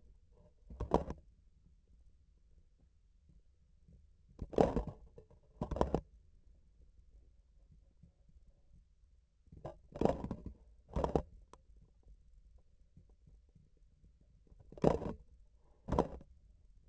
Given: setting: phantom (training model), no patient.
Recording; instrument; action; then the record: laparoscopic instrument, vibration sensor on the handle end; grasping forceps; opening and closing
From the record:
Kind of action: tool actuation without material contact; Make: other than Olympus